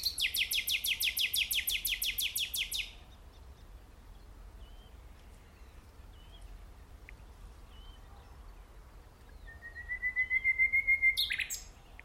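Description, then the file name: Common nightingale song: a long rapid series of loud repeated notes, a quiet stretch with soft scattered chirps, then a swelling whistle and a brief rattle. "Luscinia megarhynchos"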